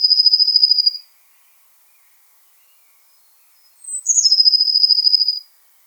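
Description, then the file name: Eurasian blue tit giving high, thin trilled phrases: one trill ends at the start, then a second phrase falls from a very high note into a rapid buzzing trill, with silence between. "Cyanistes caeruleus"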